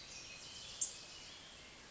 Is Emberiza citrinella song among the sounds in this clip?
no